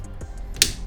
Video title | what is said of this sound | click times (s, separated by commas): How to Build a Voron 2.4R2! – Step 12 - Installing Wires thru Cable Chain! | and then now I'm gonna go ahead and reattach it snaps | 0.6 s